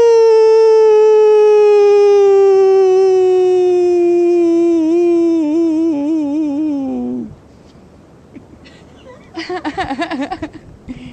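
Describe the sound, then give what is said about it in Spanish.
A human voice imitates a howl as a farewell howl, showing how it is done: one long, loud, sustained tone that slowly drops in pitch and wavers before cutting off, followed after a pause by a short, shaky vocal burst. “Vamos, un aullido de despedida.”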